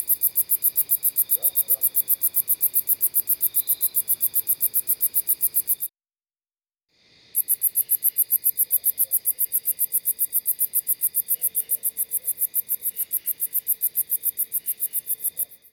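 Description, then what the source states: Sword-bearing conehead song: long runs of sharp, high, evenly repeated pulses, broken once by a short silence before the buzzing resumes. Singing in a suburban front yard, perched about 7 feet up on a sunflower.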